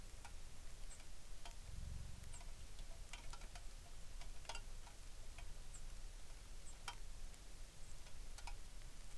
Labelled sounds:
songbird, rain
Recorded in the Arctic National Wildlife Refuge, Alaska, on 3 August 2019
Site 33

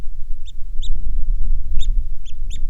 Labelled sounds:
songbird, wind
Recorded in the Prudhoe Bay oil fields, Alaska, on 6 August 2019 at 05:06
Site 22

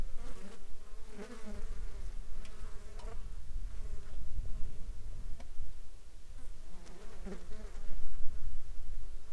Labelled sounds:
insects
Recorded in the Arctic National Wildlife Refuge, Alaska, on 27 July 2021 at 16:32
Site 35

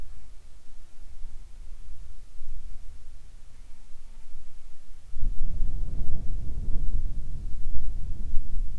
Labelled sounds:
insects
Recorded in the Arctic National Wildlife Refuge, Alaska, on 7 July 2019 at 18:41
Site 41

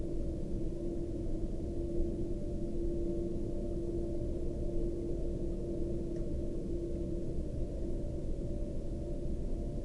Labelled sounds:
flare stack
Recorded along the Dalton Highway, Alaska, on 21 April 2019 at 05:27
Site 07

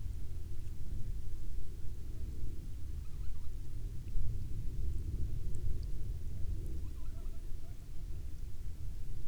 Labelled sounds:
waterfowl, aircraft
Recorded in the Prudhoe Bay oil fields, Alaska, on 12 May 2019 at 16:20
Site 21

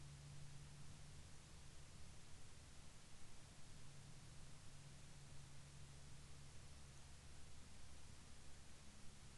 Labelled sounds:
near silence
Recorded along the Dempster Highway, Canada, on 4 April 2019 at 08:20
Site 22

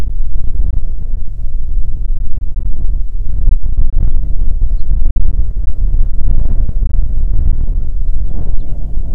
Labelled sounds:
songbird, wind
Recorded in the Prudhoe Bay oil fields, Alaska, on 5 June 2019 at 10:36
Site 16

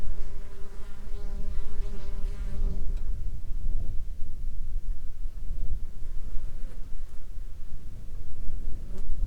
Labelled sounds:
wind, insects
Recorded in the Arctic National Wildlife Refuge, Alaska, on 15 July 2021 at 15:32
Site 35

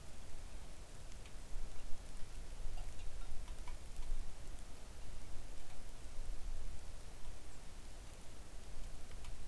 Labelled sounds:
rain
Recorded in the Arctic National Wildlife Refuge, Alaska, on 3 August 2019 at 06:00
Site 41

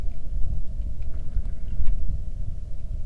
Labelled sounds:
wind
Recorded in the Arctic National Wildlife Refuge, Alaska, on 3 August 2019 at 10:03
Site 46

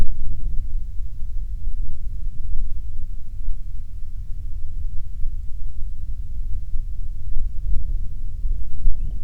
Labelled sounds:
wind
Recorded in the Prudhoe Bay oil fields, Alaska, on 27 June 2019 at 00:19
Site 22

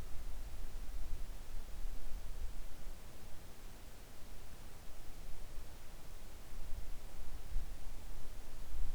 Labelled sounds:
wind
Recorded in the Arctic National Wildlife Refuge, Alaska, on 3 August 2019 at 10:39
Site 41

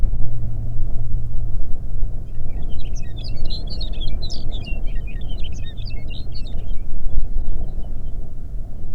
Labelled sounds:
songbird, wind
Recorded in the Arctic National Wildlife Refuge, Alaska, on 20 May 2019 at 11:59
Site 38

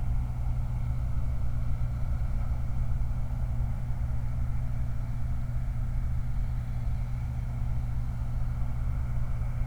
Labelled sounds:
truck
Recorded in the Prudhoe Bay oil fields, Alaska, on 29 July 2019
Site 29

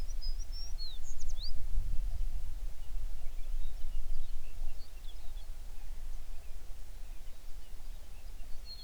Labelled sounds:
songbird
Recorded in the Prudhoe Bay oil fields, Alaska, on 11 June 2019 at 04:59
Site 21

